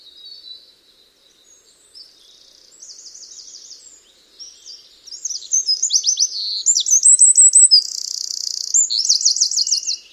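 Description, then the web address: Bird song, very high and thin, starting with soft scattered notes, then building into loud rapid trills and buzzy repeated phrases in the second half. "Deverinetal 2025 File origin Bird Only"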